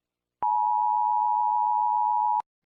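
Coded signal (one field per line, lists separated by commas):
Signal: Emergency Alert System (SAME) tones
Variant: 853 and 960 Hz attention tone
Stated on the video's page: Fictional EAS scenario mock, not a real alert.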